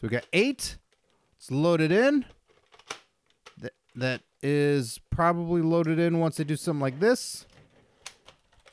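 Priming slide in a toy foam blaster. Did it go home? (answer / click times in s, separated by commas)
no / none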